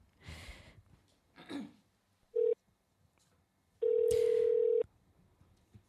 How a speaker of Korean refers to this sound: 조카의 목소리를 들어보도록 하겠습니다. 네, 네 어떤 조카일까요? 전화 한번 걸어볼게요.